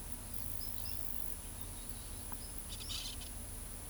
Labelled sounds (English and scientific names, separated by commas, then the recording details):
Tropical Kingbird (Tyrannus melancholicus), Orange-chinned Parakeet (Brotogeris jugularis)
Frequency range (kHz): Tropical Kingbird (Tyrannus melancholicus) 4.4-5.6 kHz; Orange-chinned Parakeet (Brotogeris jugularis) 2.3-9.2 kHz
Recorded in pastures near Pivijay, Magdalena, Colombia, on 1 June 2023 at 08:30
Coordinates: 10.456, -74.369
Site P6-G026